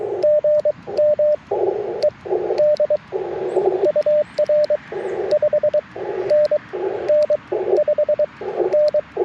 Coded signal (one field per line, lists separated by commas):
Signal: Morse code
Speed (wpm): 22 wpm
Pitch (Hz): 600 Hz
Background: radio noise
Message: GM ED UR 5NN 5N